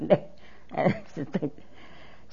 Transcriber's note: she laughs